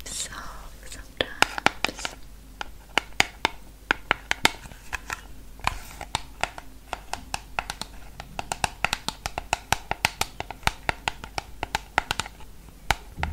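Quick, crisp tapping of long nails on hard surfaces, in bursts and irregular runs that rarely pause for more than a moment. The taps are bright and clicky over a faint steady low hum.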